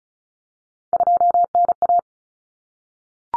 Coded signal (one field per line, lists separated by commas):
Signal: Morse code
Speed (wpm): 34 wpm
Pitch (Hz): 700 Hz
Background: none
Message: 2NA